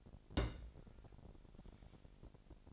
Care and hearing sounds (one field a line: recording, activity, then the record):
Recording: daily activity, microphone in the room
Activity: place on stove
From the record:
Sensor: 5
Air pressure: 1012.1 hPa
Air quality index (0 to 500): 235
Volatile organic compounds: 4 ppm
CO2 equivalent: 1559 ppm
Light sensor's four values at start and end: 44/99/42/45 and 45/102/43/45